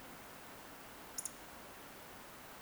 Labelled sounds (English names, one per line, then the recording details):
Eurasian Woodcock whistle
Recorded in Baden-Württemberg, Germany, on 10 June 2021 at 20:15 UTC
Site 43323, 910 m above sea level